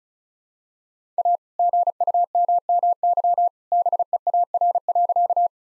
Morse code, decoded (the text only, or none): A GUMMY BEAR.